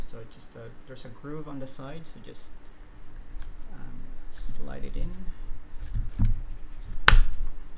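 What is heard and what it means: A plastic pen holder attachment is slid along a groove on the side of a Ryobi cordless rotary tool while someone talks. A loud, sharp click at 7.1 s marks the attachment seating into place.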